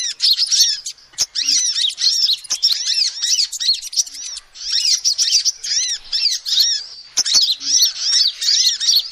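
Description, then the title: Lovebird calls sound as rapid shrill chirping in clustered bursts, arched squeaky notes stacked closely, with a quieter pause near the middle and faint clicks. Lovebird calls used as a lure (pikat) for trapping birds. "PIKAT BURUNG LOVEBIRD"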